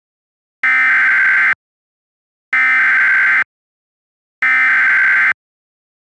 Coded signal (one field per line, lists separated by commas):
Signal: Emergency Alert System (SAME) tones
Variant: header bursts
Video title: EAS Mock: A Real Flash Flood Warning!